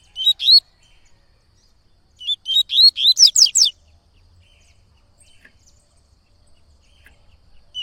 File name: Coleiro Baiano Cantando Muito Canto Tui Tui